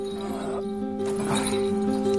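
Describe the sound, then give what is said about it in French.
Hooves of a ridden donkey clip-clop along at an unhurried pace, the steady knocks growing a little louder midway over a constant low droning background. “Allons, Monte sur ton âne et marche devant. Je te suivrai au pas que tu voudras.”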